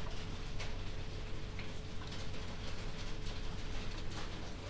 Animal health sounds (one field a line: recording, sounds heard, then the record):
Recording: poultry house recording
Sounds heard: healthy chickens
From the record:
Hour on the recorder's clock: 22